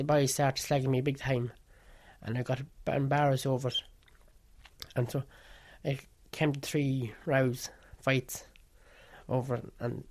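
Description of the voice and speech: An adult man speaks with a stammer. His speech is broken by stretched sounds and frequent pauses between words.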